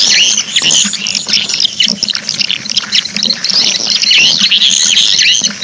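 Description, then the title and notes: Swiftlet chirps, a busy chatter of high, rising and falling squeaks over a low background hum. Swiftlet sound used in swiftlet bird farming in Asia. "Swiflet Bird Sound. Farming Swiflet Bird asia sound"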